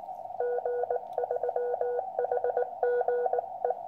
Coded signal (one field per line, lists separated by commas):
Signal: Morse code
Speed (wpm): 19 wpm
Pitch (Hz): 490 Hz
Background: radio noise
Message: G3HGE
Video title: Finishing and Operating the QCX Morse Code Radio.